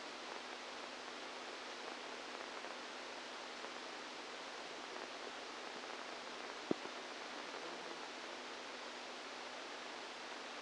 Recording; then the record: brain microelectrode recording played as sound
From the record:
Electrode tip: outside the subthalamic nucleus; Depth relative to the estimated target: -8 mm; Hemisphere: right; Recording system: NeuroSet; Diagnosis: Parkinson's disease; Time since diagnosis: 10 years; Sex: female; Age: 45 years